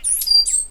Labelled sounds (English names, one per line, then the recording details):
Stitchbird song
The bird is a male
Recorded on Tiritiri Matangi Island, New Zealand, in 2005
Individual 8, of nest box 10